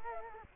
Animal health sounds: mosquito wingbeat signal from an infrared sensor; Culex quinquefasciatus

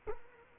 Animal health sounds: mosquito wingbeat signal from an infrared sensor; Culex quinquefasciatus

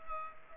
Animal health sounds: mosquito wingbeat signal from an infrared sensor; Culex pipiens

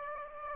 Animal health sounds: mosquito wingbeat signal from an infrared sensor; Aedes aegypti

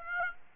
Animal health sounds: mosquito wingbeat signal from an infrared sensor; Aedes aegypti

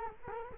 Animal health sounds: mosquito wingbeat signal from an infrared sensor; Culex quinquefasciatus

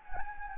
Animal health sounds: mosquito wingbeat signal from an infrared sensor; Anopheles gambiae

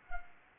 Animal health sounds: mosquito wingbeat signal from an infrared sensor; Anopheles arabiensis

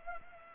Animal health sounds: mosquito wingbeat signal from an infrared sensor; Culex pipiens

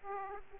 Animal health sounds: mosquito wingbeat signal from an infrared sensor; Aedes aegypti

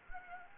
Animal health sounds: mosquito wingbeat signal from an infrared sensor; Anopheles gambiae

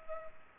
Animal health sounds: mosquito wingbeat signal from an infrared sensor; Culex pipiens

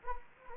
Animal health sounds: mosquito wingbeat signal from an infrared sensor; Anopheles gambiae

